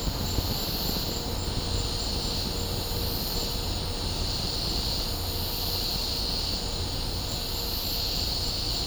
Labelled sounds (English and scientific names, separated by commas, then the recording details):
none
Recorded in dense forest near Puerto Asís, Putumayo, Colombia, on 26 December 2024 at 16:30
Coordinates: 0.503, -76.323
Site G043